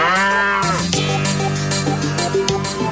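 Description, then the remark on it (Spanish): A cow moos loudly, a long, deep, droning low that holds steady and then wavers, its rich buzzy tone filling the whole three seconds without any talking. “Tal vez en Holanda con las opulentas vacas Holstein.”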